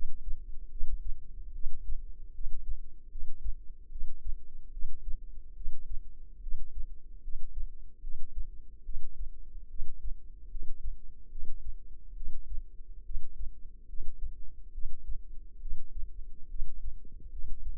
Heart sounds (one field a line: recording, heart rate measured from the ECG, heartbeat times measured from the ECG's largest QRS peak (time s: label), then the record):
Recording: heart sounds by microphone in the left ear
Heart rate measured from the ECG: 72 bpm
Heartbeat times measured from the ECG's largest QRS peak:
0.69 s: heartbeat
1.52 s: heartbeat
2.33 s: heartbeat
3.09 s: heartbeat
3.89 s: heartbeat
4.71 s: heartbeat
5.54 s: heartbeat
6.40 s: heartbeat
7.22 s: heartbeat
8.01 s: heartbeat
8.83 s: heartbeat
9.68 s: heartbeat
10.49 s: heartbeat
11.29 s: heartbeat
12.14 s: heartbeat
13.03 s: heartbeat
13.87 s: heartbeat
14.72 s: heartbeat
15.59 s: heartbeat
16.48 s: heartbeat
17.30 s: heartbeat
From the record:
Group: healthy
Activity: rest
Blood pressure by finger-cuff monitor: 100/66 mmHg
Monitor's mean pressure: 76 mmHg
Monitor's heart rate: 71 bpm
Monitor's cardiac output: 5.7 L/min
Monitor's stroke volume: 78 mL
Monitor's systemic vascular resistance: 990 dyn s/cm5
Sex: female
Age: 22 years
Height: 160 cm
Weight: 45 kg